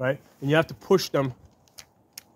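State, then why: Released. A CVLIFE bipod's folded leg is pushed to free it from its lock on the bipod body, releasing it before it is pulled down. Someone talks for the first 1.4 s, then small sharp clicks follow at 1.8 s and 2.2 s, with a faint tick just before at 1.7 s.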